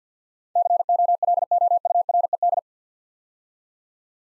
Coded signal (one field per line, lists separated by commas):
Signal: Morse code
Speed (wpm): 48 wpm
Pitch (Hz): 700 Hz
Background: none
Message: COLOURED